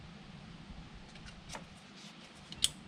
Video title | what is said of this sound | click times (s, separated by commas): Time to Upgrade my O2 sensor | click now for some zip ties | 2.5 s, 2.6 s